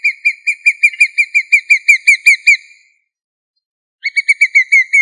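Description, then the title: Chicken producing a quick string of sharp, bright whistled notes, a pause, then another shorter string; nothing else audible. "manok ostrali"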